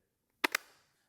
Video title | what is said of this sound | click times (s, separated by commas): Bonsenkitchen Vacuum Sealer Review: Can This Vacuum Sealer Keep Food Fresh Longer? | You wanna hear that clicking sound right there. | 0.5 s